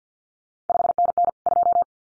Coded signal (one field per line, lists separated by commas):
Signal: Morse code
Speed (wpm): 50 wpm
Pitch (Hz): 700 Hz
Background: none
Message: 5NN 2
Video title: CQ WW DX Contest Exchange Encore 50wpm